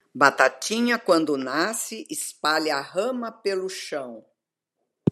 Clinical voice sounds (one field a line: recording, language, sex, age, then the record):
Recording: short text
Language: Brazilian Portuguese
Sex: female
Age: 70 to 79 years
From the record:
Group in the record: control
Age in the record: 70 years